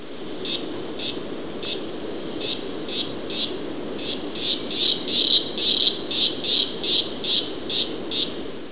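Cicada calling in rapid, harsh buzzy pulses, about two or three each second, growing louder midway.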